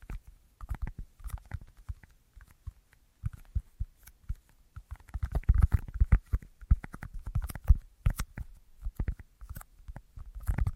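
An assortment of quick, light taps in irregular bursts, sparse early and growing denser and louder after the midpoint, with brief pauses between clusters.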